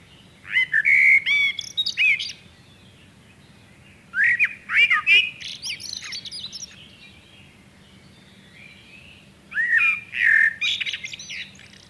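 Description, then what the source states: Common blackbird song: three separate phrases, each a low mellow fluted warble ending in a high squeaky twitter, with pauses of a few seconds between them. Nominate subspecies Turdus merula merula.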